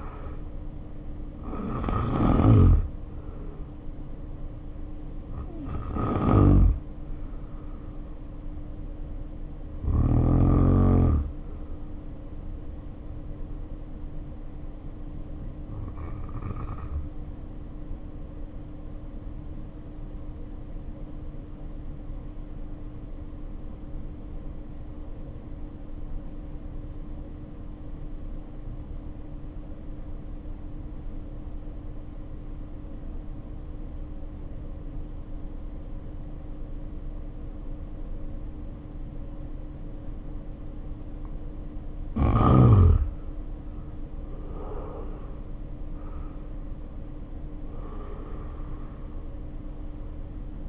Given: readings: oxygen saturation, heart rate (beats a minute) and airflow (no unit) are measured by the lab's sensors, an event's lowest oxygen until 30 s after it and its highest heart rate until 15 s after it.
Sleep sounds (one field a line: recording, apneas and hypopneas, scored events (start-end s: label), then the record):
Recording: breathing in sleep by a smartphone at the bedside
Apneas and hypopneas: 1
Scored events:
2.00-32.00 s: new sleep stage, N1 (lightest sleep)
9.00-44.10 s: hypopnea (N1, oxygen 95% highest, then 74% lowest, heart rate 52 at the start, 68 highest)
32.00-50.69 s: new sleep stage, N2 (light sleep)
From the record:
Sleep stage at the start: N2 (light sleep)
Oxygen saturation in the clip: 73 to 95%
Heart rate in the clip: 51 to 70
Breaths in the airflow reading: 13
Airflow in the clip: -2.2 to 3.0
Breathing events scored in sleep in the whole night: 520 in 7.2 hours asleep